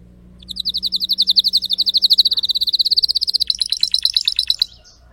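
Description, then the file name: Canary (Spanish Timbrado): canary song: a bright, rhythmic pulsed trill that rises slightly in pitch, then breaks into quicker staccato notes before fading out. Spanish Timbrado canary singing; title also calls it a Belgian canary. "canto do canario belga timbrado espanhol"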